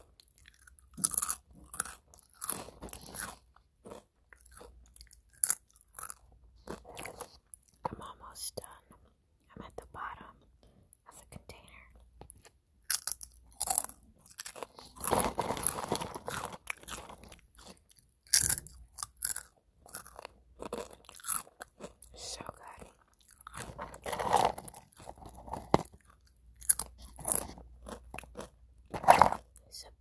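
Biting and chewing of crunchy food, with sharp crackling bites scattered irregularly throughout and denser bursts of crunching around the middle and near 24 seconds. Quiet pauses separate the chews, and the sound is dry.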